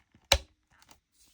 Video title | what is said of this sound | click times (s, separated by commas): How to replace an old EI166rc with a EI146E smoke detector ￼ | You just pop it on and you pull it back until you hear a click. | 0.3 s